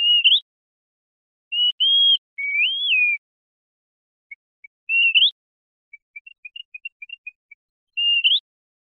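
Bird whistling pure notes with upward end flicks, plus a longer rising-falling note, and a short series of faint soft ticks between phrases.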